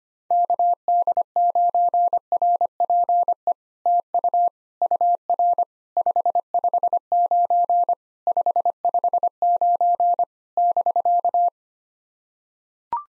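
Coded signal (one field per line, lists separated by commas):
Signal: Morse code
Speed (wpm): 25 wpm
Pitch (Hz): 700 Hz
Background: none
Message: KD9RPE TU UR 559 559 <BK>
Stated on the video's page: POTA exchange practice sent at 25 wpm, each exchange sent in Morse, spoken, then sent again.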